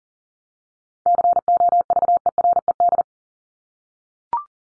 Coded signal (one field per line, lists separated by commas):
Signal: Morse code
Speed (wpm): 40 wpm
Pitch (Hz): 700 Hz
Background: none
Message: COVERED